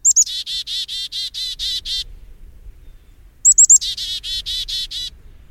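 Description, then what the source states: Black-capped Chickadee call: a few high thin whistled notes then a fast run of harsh, buzzy notes, the whole call given twice with a short pause between. Winter; drinks water dripping from icicles when open water is frozen over.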